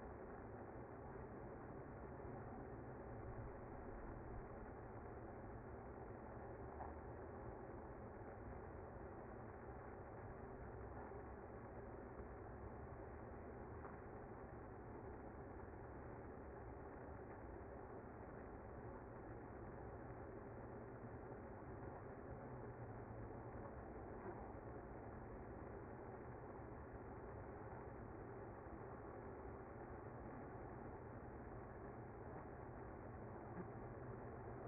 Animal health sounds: honeybee colony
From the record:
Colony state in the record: active

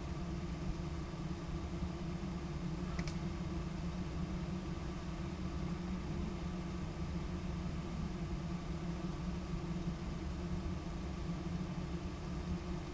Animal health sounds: honeybee colony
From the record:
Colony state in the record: active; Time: day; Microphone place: bottom box

